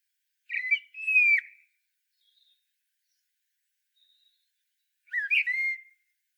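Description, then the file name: Common blackbird singing a rich, slurred whistle that falls away, then a second fluty phrase about four seconds later, with a few faint high notes between. "Turdus merula"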